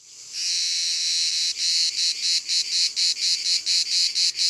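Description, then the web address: Common cicada song: a steady high buzz for about a second, then broken into rapid pulsed bursts. "Cigale-commune abc-de-la-nature"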